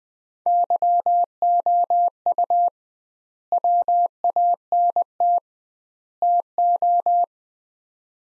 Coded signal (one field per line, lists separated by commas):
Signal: Morse code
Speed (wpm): 20 wpm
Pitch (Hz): 700 Hz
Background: none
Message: YOU WANT TO